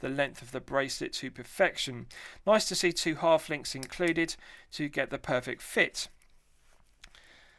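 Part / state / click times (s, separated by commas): deployant clasp and flip lock of a steel watch bracelet / seated / 7.0 s, 7.1 s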